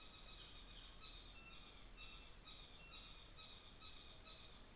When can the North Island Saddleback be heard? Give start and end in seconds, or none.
0.00-4.73